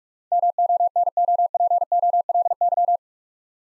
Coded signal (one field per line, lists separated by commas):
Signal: Morse code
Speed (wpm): 44 wpm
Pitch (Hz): 700 Hz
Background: none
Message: MONOPOLY